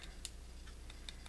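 A marker's nib end is pushed into a plastic airbrush holder for card making, producing a few light plastic ticks at about 0.0, 0.3, 0.9, 1.1 and 1.3 seconds over a steady low hum. The marker is only being handled and has not seated or clicked into the holder yet.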